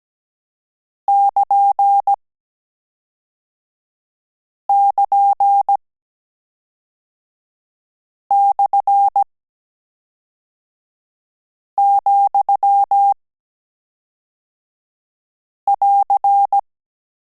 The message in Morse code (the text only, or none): <KN><KN>/,<AR>